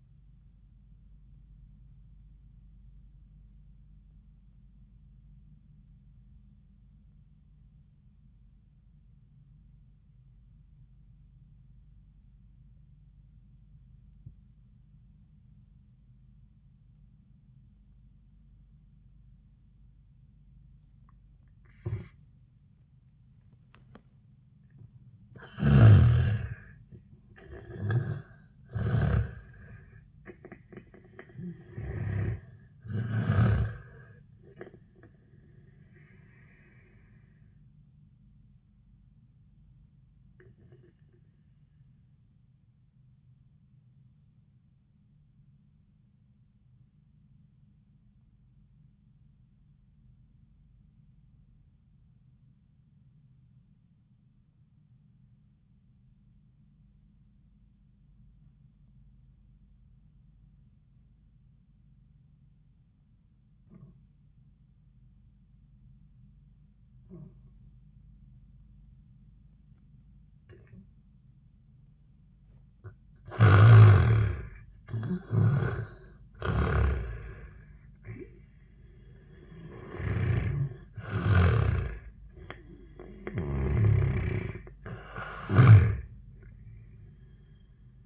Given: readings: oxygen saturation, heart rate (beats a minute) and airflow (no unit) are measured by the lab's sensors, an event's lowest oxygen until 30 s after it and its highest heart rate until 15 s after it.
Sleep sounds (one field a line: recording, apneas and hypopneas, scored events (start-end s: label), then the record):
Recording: breathing in sleep by a smartphone at the bedside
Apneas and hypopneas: 2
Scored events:
3.00-25.50 s: obstructive apnea (N1, oxygen 97% highest, then 82% lowest, heart rate 76 at the start, 86 highest)
44.00-71.90 s: obstructive apnea (N1, oxygen 97% highest, then 81% lowest, heart rate 73 at the start, 85 highest)
45.00-75.00 s: new sleep stage, awake
57.00-77.00 s: awake
75.00-88.06 s: new sleep stage, N1 (lightest sleep)
From the record:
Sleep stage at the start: N1 (lightest sleep)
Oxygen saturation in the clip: 82 to 97%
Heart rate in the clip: 71 to 86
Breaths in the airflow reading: 9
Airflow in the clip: -18.7 to 12.3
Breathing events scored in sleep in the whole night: 400 in 8.7 hours asleep